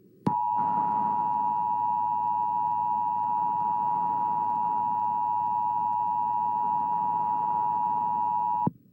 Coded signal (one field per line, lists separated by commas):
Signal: Emergency Alert System (SAME) tones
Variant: 853 and 960 Hz attention tone